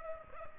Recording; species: mosquito wingbeat signal from an infrared sensor; Culex pipiens